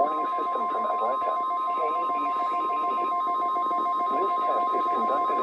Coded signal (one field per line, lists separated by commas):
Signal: Emergency Alert System (SAME) tones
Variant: 1050 Hz attention tone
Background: speech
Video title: Friday Required Weekly Tests (EAS #1684-1686)